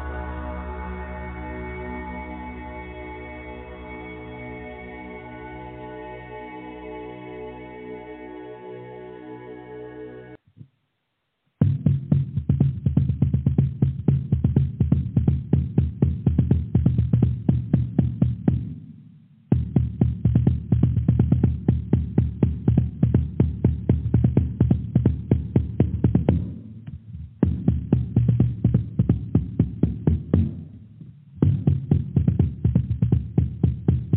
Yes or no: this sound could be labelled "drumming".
yes